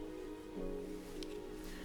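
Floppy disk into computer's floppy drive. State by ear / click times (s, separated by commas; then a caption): not seated / none. A 3.5-inch floppy disk is pushed into the internal floppy drive of a vintage compact Macintosh 512K computer after the floppy icon appears on screen. A steady low electrical hum runs throughout, with a brief faint tick at about 1.2 s. The disk does not latch, so nothing has seated or clicked yet, which points to a faulty drive mechanism.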